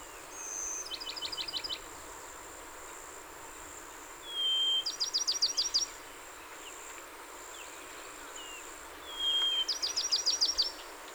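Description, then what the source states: Bachman's sparrow song repeated three times, roughly every four to five seconds: each a sustained clear whistle followed by a fast, buzzy trill of high notes. Recorded 30 April 2019; a series of 27 songs.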